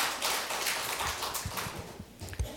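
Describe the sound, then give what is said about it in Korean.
An audience applauds to give glory to God, a dense, steady patter of many hands clapping at once for a couple of seconds, fairly soft overall, with a few sharper claps standing out near the end. “하나님께 영광의 박수를 올려드립니다.”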